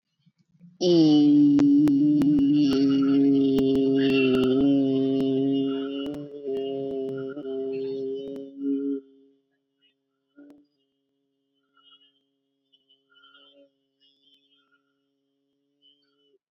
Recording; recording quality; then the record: sustained vowel as in beet; excellent, no background noise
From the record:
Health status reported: COVID-19 positive, mild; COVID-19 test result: positive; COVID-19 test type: RT-PCR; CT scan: not taken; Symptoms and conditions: cough, cold, fever, fatigue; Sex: female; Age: 33 years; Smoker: no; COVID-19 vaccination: both doses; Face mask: not worn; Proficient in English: yes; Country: India